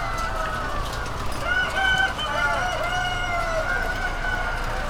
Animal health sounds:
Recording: poultry house recording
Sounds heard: healthy chickens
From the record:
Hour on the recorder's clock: 20

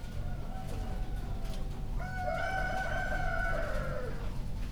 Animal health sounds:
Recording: poultry house recording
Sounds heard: healthy chickens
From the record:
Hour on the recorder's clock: 1

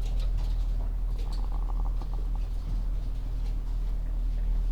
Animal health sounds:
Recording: poultry house recording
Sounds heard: sick chickens (respiratory disease)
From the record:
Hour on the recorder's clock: 10

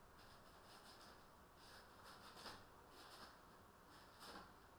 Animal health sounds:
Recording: poultry house recording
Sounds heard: no chicken sound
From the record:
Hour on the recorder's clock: 20

